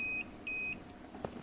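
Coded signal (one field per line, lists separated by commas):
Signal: beep code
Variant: Fardriver motor controller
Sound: two high steady beeps, the second longer, then a faint click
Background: low vehicle hum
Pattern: 2 beeps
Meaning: Two beeps signal a throttle error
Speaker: Dengar enggak? Pip pip dua kali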